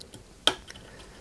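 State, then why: Seated. A plastic battery is pressed into the engine bay of a 1/8 scale Nissan Skyline GT-R model from Fast & Furious, settling between two parts. A few faint ticks come before a single sharp, loud snap at 0.5 s, followed by another faint tick. The battery is seated in its bay.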